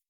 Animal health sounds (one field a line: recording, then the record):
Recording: hydrophone in a shrimp aquaculture tank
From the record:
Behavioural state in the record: weakened